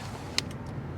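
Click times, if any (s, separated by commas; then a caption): 0.4 s. The rear 40/20/40 seatback of a 2023 Audi Q5 Sportback SUV is folded down onto the cargo floor to open the cabin to the trunk, over a steady low hum. A single sharp hit at 0.4 s marks the seat dropping, followed by a couple of fainter taps. The seatback drops and locks into place.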